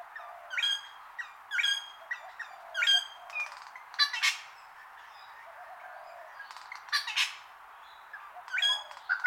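Wattlebird calls: a series of loud, raucous squawks mixed with rasping bursts, with a longer pause in the middle.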